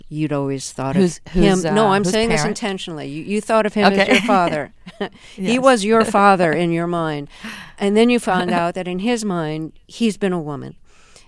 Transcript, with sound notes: You'd always thought of...
Whose parent.
No, I'm saying this intentionally.
OK (laughter).
You thought of him as your father. He was your father in your mind, and then you found out that in his mind, he's been a woman.